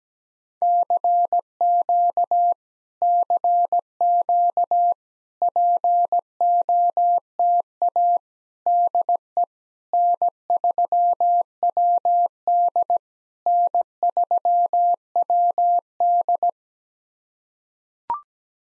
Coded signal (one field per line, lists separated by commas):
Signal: Morse code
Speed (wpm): 17 wpm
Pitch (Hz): 700 Hz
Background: none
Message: CQ CQ POTA DE N3WD N3WD